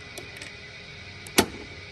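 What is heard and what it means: After the ink cartridges are removed from a Canon iX6820 wide-format edible inkjet printer, the small gray plastic printhead locking lever in the carriage is lifted. A few faint ticks come first, then it snaps up into its open position with a sharp click at 1.4 s, releasing the printhead.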